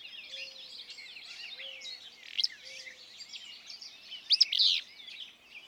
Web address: songs Willow Flycatcher